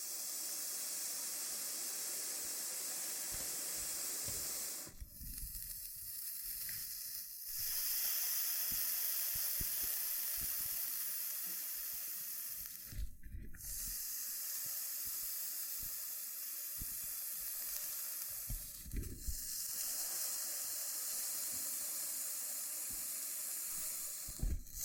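Loofah sounds: a dense, steady scratchy hiss runs almost the whole time. It breaks off briefly around 5 to 7 seconds, near 13 and 19 seconds, and just before the end. Soft, low pops and thumps are scattered underneath throughout.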